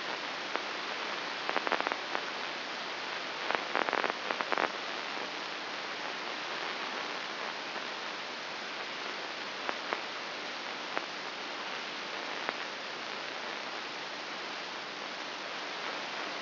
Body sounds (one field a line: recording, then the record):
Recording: brain microelectrode recording played as sound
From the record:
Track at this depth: inside the subthalamic nucleus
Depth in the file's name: 5.801 mm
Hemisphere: right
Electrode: 2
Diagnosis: Parkinson's disease